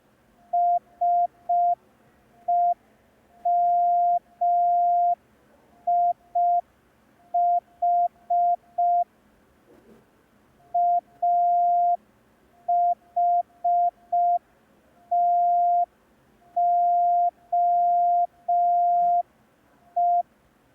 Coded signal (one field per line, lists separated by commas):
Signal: Morse code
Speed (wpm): 5 wpm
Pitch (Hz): 700 Hz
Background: none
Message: SEMIH AHTOE